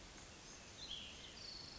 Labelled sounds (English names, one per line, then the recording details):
Cassin's Vireo
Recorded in Sonoma County, California